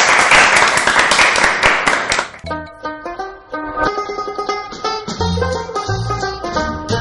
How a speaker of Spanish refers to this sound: muchas gracias a ustedes por ponerle las ganas que le pusieron y bueno, un aplauso para todos.